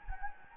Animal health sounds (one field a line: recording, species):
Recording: mosquito wingbeat signal from an infrared sensor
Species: Anopheles gambiae